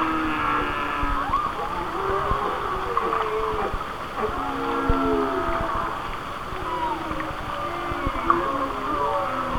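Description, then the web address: Whale song with overlapping low moans and rising, falling squeals, mixed with scattered clicks and a steady background hiss. "Whale Songs Whale Songs"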